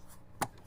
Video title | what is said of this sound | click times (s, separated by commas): How To Install Fog Lights on a Toyota Prius | Most of these snap into place pretty easily. | 0.4 s